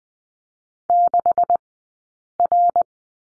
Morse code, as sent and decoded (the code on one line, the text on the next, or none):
-.... .-.
6R